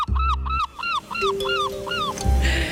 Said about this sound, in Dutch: Meeuwen. Het is een ellende. Het is nou niet een heel gezellig geluid, zo'n meeuw.